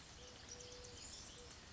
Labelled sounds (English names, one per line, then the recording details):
Eurasian Collared Dove
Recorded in Sonoma County, California